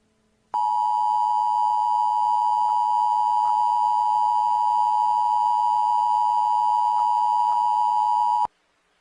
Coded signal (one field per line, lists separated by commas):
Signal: Emergency Alert System (SAME) tones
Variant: 853 and 960 Hz attention tone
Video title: SVR-EAS#8